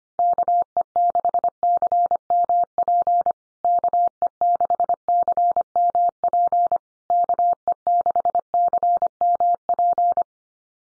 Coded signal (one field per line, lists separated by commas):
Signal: Morse code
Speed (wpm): 25 wpm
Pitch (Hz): 700 Hz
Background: none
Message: KE6CMP KE6CMP KE6CMP